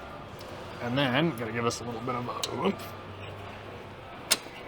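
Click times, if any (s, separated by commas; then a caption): 4.3 s. Someone talks while lifting a tab near the starter on a Ford F150 truck during a 10R80/10R60 transmission pan install, lining up a small plastic trim tab and pushing it firmly into its mounting. A single sharp snap is heard at 4.3 s as the plastic trim tab seats back into place.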